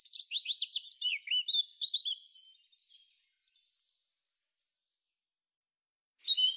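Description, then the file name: Eurasian blackcap song: a quick run of chattering notes easing into a few whistled notes, then quiet before another phrase begins. "Kapturka"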